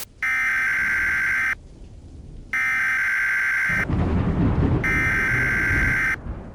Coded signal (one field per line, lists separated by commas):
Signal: Emergency Alert System (SAME) tones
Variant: header bursts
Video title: EAS Mock 28: The Klastein Case